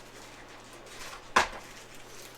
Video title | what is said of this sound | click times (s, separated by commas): ROC/Hobby 1941 Willys Jeep Product Spotlight | snap that back in place | 1.4 s